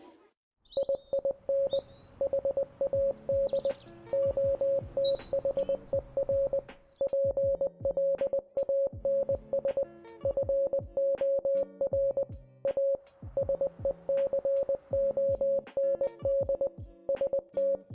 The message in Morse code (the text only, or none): IIN HAD OTHER PLANS FOR A SECOND ST